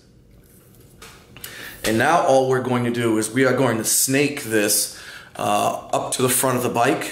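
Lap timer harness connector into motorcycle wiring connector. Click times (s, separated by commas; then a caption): 1.4 s. A lap timer wiring harness plug, whose locating nubs were ground off with a Dremel so it would fit, is pushed onto a motorcycle's mating wiring connector. Two sharp clicks at 1.4 s and 1.4 s show it has seated. Someone then talks.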